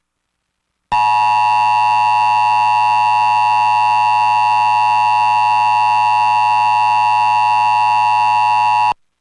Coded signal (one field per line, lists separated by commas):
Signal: Emergency Alert System (SAME) tones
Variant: 853 and 960 Hz attention tone